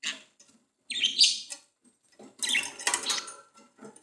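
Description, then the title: Budgerigar producing a squeaky chirp then a harsh, dense burst of chattering notes. "Budgie Sounds"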